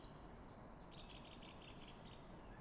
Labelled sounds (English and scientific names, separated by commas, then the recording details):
Song Thrush (Turdus philomelos)
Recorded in Germany
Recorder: ecoPi